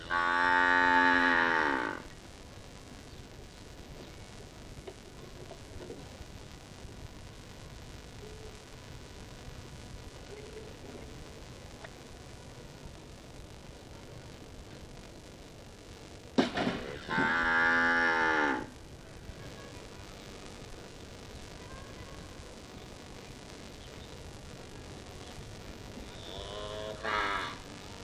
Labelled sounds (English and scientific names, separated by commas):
Banteng (Bos javanicus) call